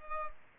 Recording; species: mosquito wingbeat signal from an infrared sensor; Culex pipiens